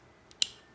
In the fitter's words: you're going to take it backwards until it clicks. There we go.